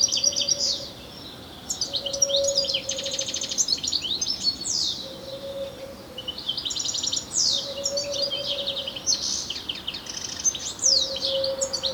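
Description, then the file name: European Goldfinch twittering in quick liquid chirps and slurred descending notes, coming in irregular bursts throughout, with a low tonal hum appearing now and then. "Carduelis carduelis"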